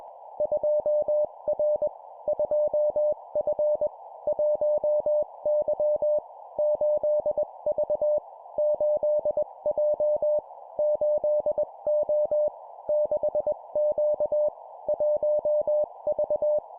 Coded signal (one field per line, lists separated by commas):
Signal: Morse code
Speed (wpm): 21 wpm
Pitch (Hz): 600 Hz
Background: none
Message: 2R 2F 1Y 8V 8J 8O 6Q 1V